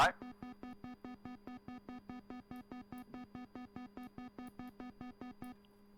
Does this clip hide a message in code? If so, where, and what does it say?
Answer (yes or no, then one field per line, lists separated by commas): no